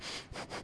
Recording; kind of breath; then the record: one breath in and out by a microphone near the nose and mouth; strong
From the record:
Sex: male